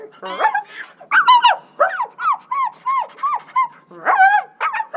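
A dog lets out a rapid run of about a dozen short, high-pitched yips and whimpers, each cry sliding downward in pitch, loud and steady with no talking.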